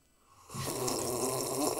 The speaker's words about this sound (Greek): Έχω ευτυχώς όμως, για καλή μας τύχη, έχω μαζί μου μία κούπα για να πιω νερό. Ας πιω λοιπόν λίγο νερό. Λοιπόν, με το 1, με το 2, με το 3 και ας πιω νερό από την καινούρια μου κούπα.